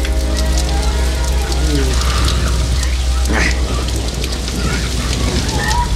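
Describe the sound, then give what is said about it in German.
Heavy rain pours down in torrents on hot, humid air while a car is being driven, a dense, steady roar of pattering drops holding at an even loudness throughout, with a low continuous drone running underneath. “Und bald darauf fielen die ersten Regentropfen. Innerhalb weniger Augenblicke goss es in Strömen.”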